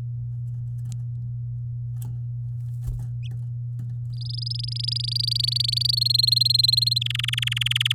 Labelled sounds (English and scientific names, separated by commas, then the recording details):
Domestic Canary (Serinus canaria) song
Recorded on 8 May 2018 at 09:46
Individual llb16